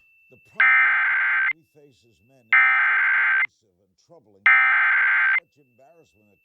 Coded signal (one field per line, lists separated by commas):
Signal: Emergency Alert System (SAME) tones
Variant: header bursts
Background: speech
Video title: EAS #795-805: NWR and EAS 8 Severe Thunderstorm Warnings and 1 Flash Flood Warning- May 21, 2023